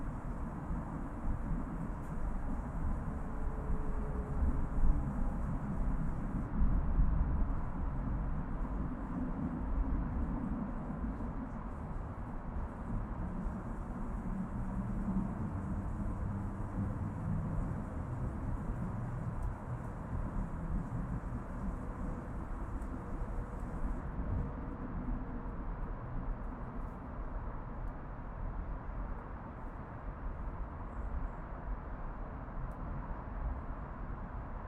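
An urban backyard ambience dominated by a steady low rumble of traffic and vehicles, dense and continuous throughout. A faint high hiss sits on top and fades out around the twenty-four second mark, while the rumble swells slightly near five to seven seconds.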